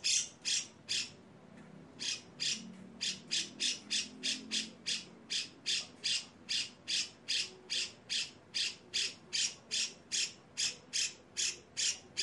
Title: MASTERAN CUCAK JENGGOT GACOR FULL BESETAN KASAR DURASI PANJANG. CUCAK JENGGOT GACOR SUARA BESETAN PANJANG‼️PANCINGAN-MASTERAN BURUNG